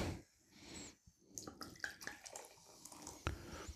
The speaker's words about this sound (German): Man muss es leicht aufschütteln. Mhm. Habe ich das jetzt auch schon gemacht. Und öffne mal die Flasche.